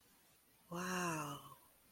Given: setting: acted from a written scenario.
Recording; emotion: vocal sound without words; awe